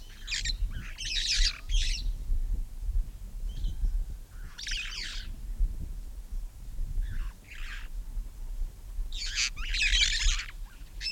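Red-fronted parrot uttering harsh, grating shrieks in irregular bursts over a low rumbling background noise.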